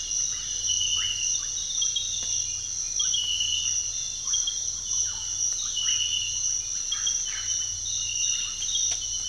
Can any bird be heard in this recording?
no